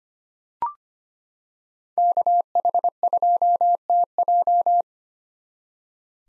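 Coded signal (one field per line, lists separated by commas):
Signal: Morse code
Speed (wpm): 25 wpm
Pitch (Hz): 700 Hz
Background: none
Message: KH2TJ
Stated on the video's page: Head-copy drill of common SOTA chaser call signs at 25 WPM, each sent, spoken, then sent again.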